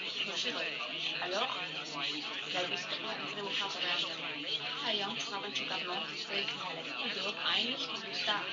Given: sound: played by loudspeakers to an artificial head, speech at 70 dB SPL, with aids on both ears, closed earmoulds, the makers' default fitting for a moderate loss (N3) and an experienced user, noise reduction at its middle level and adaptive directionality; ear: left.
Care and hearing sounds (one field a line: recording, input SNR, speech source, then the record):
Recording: speech test signal (ISTS) in cocktail-party noise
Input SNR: 0 dB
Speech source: on the right (90 degrees)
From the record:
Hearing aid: class 1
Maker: G